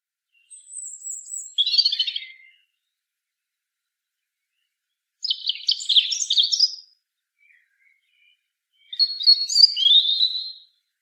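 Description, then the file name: European robin singing three short high warbled phrases, the first opening with a thin high whistle then tumbling trills, separated by pauses of two to three seconds; otherwise quiet. "Erithacus rubecula"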